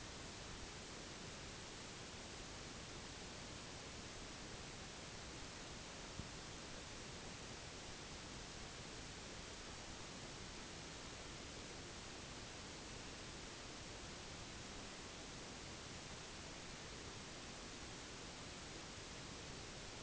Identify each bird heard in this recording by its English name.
none